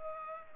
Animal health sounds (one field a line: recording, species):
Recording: mosquito wingbeat signal from an infrared sensor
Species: Culex pipiens